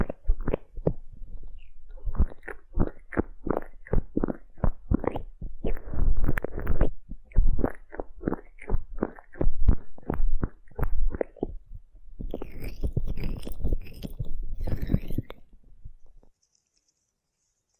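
An ear massage with aloe gel, heard as a quick series of soft, wet squishing pulses coming about twice a second with low muffled thumps underneath. Near the end the rubbing turns denser and brighter for a few seconds, then stops, leaving near silence.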